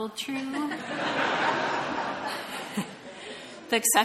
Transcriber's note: audience laughing